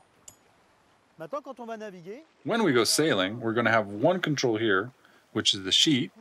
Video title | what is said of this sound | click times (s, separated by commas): Small sailboat - Tiwal 3 - Full presentation | we lived here it clicks into place and | 0.3 s